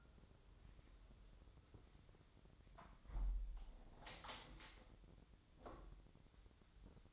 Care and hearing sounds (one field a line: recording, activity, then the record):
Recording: daily activity, microphone in the room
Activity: close window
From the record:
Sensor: 3